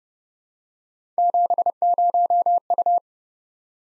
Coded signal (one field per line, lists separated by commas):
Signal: Morse code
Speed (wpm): 30 wpm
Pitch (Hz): 700 Hz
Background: none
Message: 70U